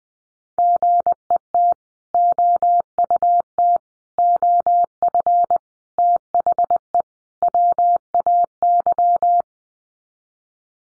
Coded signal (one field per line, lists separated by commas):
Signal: Morse code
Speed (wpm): 19 wpm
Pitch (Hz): 700 Hz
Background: none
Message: GET OUT OF THE WAY